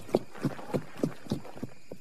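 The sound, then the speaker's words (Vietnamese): The hooves of two riders' horses thud in a steady, even clip-clop rhythm, about seven beats in two seconds, the last few growing slightly fainter as the horses gallop away. “Tiếng gió ngựa của hai người chạy xa dần.”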